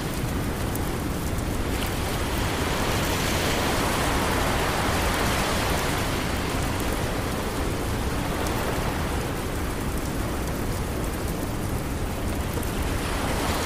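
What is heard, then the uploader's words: Ocean waves wash steadily under a dense, even hiss of gentle rain, a constant full roar with soft swells rising and falling. Ocean Waves And Gentle Rain.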